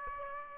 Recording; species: mosquito wingbeat signal from an infrared sensor; Aedes aegypti